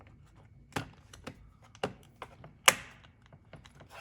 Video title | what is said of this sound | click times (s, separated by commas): Jeep Grand Cherokee ('11-'20) Driver Seat Trim Replacement | Nice snap into place. | 2.7 s